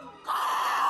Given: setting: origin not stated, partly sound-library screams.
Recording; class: one-second piece from a danger detection set; woman in danger